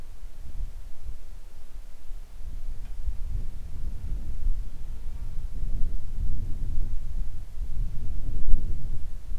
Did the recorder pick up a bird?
no